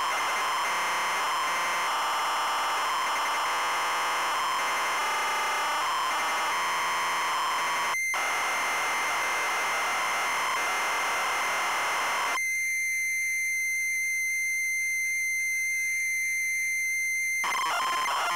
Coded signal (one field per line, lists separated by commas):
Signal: ZX Spectrum tape loading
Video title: Wonder Boy - Zx Spectrum +2 (Full Cassette Tape Loading & Gameplay)